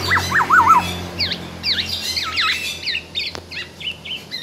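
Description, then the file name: Black-naped oriole opening with a wavering fluty whistle, then a string of quick V-shaped chirps, over a low continuous hum. Singing vigorously and continuously (gacor), said to sing until exhausted. "BURUNG KEPODANG GACOR SAMPAI TELER"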